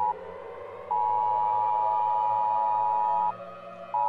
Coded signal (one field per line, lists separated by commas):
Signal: Emergency Alert System (SAME) tones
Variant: 853 and 960 Hz attention tone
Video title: EAS Scenario - Close Call